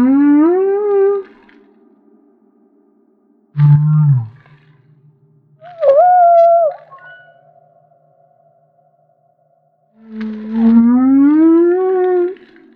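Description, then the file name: Humpback whale song with rising harmonic moans at both ends, a deep grunt and a swooping mid-pitched cry between them. Maui. "Humpback Whale - Maui Whale One"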